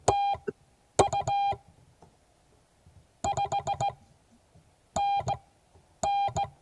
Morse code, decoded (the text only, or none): TU 5NN